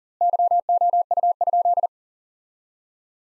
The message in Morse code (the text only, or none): YOU?